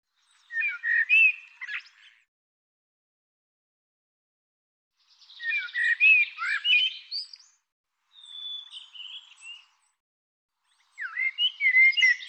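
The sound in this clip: Bird song in four bursts: rich warbled phrases of chirps and whistles, plus one thinner, descending whistled phrase, with quiet pauses between.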